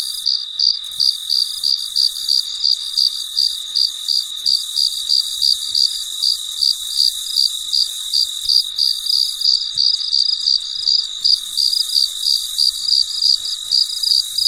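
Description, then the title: Cricket chirping, a steady stream of short high pulses about three per second over a continuous high insect drone. Recorded late at night; very quiet. "深夜录制蟋蟀昆虫声"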